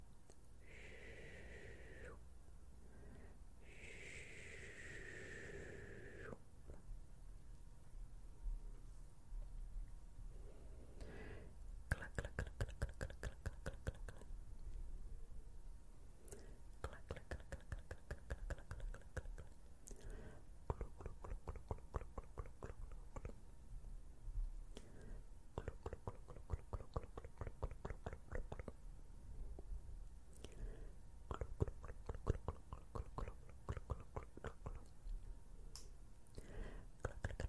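Brushing a face: after a few soft swishes early on, rapid bursts of crisp bristle strokes come in repeated runs over a low, steady hum.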